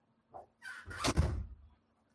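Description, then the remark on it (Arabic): A door rattles and slides open with a short knock, a scraping clatter and a low thud as children try to come in, lasting about a second and a half before silence. “ايه في الباب؟”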